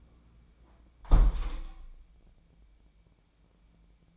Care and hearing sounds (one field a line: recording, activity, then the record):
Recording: daily activity, microphone in the room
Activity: close window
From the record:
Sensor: 1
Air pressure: 1012.4 hPa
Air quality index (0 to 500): 168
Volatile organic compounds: 3 ppm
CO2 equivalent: 1378 ppm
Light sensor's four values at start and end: 227/518/230/253 and 226/518/229/251